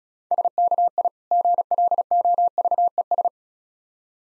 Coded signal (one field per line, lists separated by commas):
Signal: Morse code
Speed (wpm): 36 wpm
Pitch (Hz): 700 Hz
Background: none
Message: SKI GLOVES